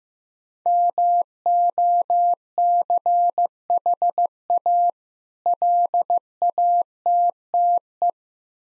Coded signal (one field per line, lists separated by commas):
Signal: Morse code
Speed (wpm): 15 wpm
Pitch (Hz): 700 Hz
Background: none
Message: MOCHA LATTE